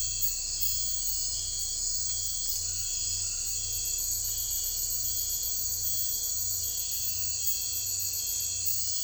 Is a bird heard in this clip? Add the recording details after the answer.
no. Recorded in secondary vegetation near Puerto Asís, Putumayo, Colombia, on 21 December 2024 at 02:30. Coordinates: 0.498, -76.327. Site GP07